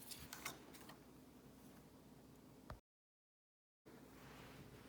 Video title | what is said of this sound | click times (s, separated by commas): Lego - Adidas Originals Superstar - kit #10282 - Unboxing build and review | and you can hear them snap together so when you're building it make sure you hear the snapping part so | 0.3 s, 0.5 s